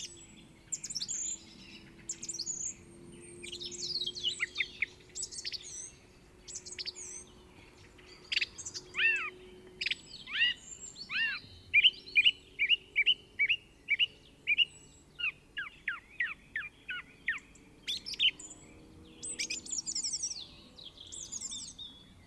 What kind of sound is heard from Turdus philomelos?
song